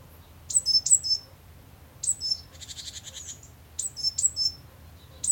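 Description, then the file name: Great tit calls: sharp, very high descending notes in quick pairs, with a brief buzzy, scratchy rattle in the middle and a low background hum. "Parus major"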